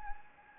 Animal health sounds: mosquito wingbeat signal from an infrared sensor; Anopheles gambiae

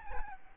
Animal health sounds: mosquito wingbeat signal from an infrared sensor; Aedes albopictus

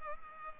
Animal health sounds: mosquito wingbeat signal from an infrared sensor; Culex pipiens

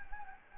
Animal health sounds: mosquito wingbeat signal from an infrared sensor; Anopheles gambiae

